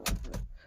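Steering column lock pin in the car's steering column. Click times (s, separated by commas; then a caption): 0.3 s. With the engine off, a car's steering wheel is turned slightly until the steering column lock pin in the steering column engages. A short burst of noise opens the clip, and a firm clunk at 0.3 s marks the lock seating, leaving the steering locked so the wheel neither moves nor turns.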